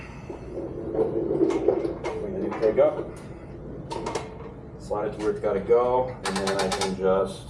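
A new metal keg is brought up and slid into place under the line before the coupler is dropped on, while someone talks. A single bump is heard at about 4.1 s, with no latching. The keg and coupler are only lined up, and nothing has seated or clicked yet.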